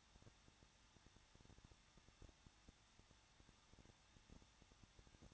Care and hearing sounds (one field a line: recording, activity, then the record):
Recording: daily activity, microphone in the room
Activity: no activity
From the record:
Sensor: 3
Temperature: 21.2 degrees Celsius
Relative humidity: 36.3%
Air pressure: 1006.3 hPa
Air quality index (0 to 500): 222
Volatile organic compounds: 41 ppm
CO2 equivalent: 3161 ppm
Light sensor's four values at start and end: 2/3/2/2 and 2/3/2/2